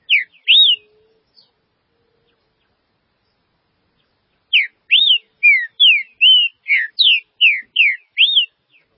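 Green-winged saltator song: two opening whistles, a pause of about three seconds, then a brisk sequence of ten sweeping whistled notes.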